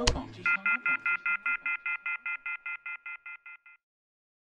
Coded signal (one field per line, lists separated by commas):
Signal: telephone call progress tone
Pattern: off-hook warning tone